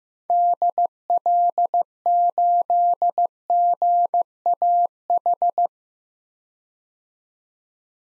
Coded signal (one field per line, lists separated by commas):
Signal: Morse code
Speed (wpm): 15 wpm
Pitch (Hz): 700 Hz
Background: none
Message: DL8GAH